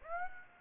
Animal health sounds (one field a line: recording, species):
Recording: mosquito wingbeat signal from an infrared sensor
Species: Aedes aegypti